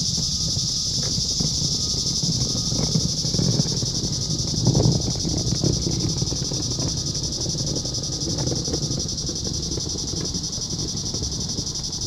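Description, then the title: Cicadas keep up a steady high buzz while low rumbling background noise and scattered clicks and knocks come and go beneath it. "neoscenes: cicadas"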